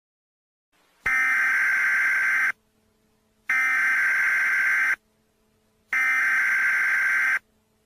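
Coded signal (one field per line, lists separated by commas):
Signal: Emergency Alert System (SAME) tones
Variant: header bursts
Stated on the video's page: Fictional EAS mock with text-to-speech voice.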